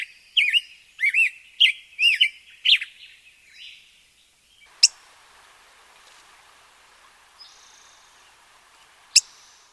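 Black-headed grosbeak song, a short burst of sweet rolling whistled phrases for about three seconds, then faint background hiss with two sharp isolated clicks.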